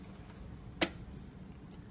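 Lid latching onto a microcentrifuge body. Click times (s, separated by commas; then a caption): 0.8 s. A microcentrifuge lid is closed and pressed down onto the body to secure it, and its latch engages with one sharp click at 0.8 s. The lid is latched shut. Only faint background noise and a soft tick near 1.7 s follow.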